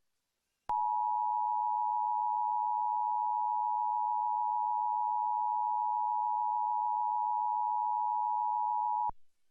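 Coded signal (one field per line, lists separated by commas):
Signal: Emergency Alert System (SAME) tones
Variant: 853 and 960 Hz attention tone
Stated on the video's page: San Francisco Required Monthly Test recorded from NBC television station broadcast.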